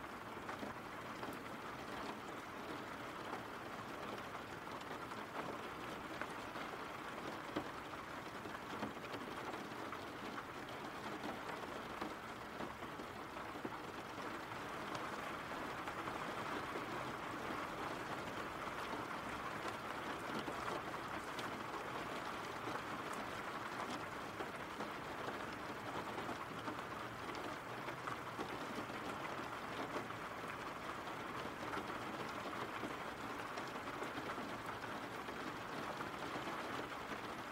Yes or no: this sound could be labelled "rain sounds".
yes